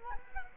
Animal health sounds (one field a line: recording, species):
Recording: mosquito wingbeat signal from an infrared sensor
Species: Culex quinquefasciatus